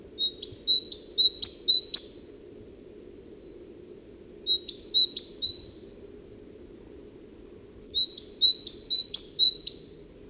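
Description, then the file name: Great tit song: three strophes of repeated two-note phrases with short pauses between, the middle one shortest; low rumbling noise behind. "Parus major"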